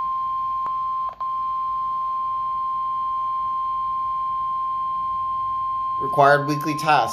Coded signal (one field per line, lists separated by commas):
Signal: Emergency Alert System (SAME) tones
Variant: 1050 Hz attention tone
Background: speech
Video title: KZZ55 Required Weekly Test (05/27/2020) (EAS #38)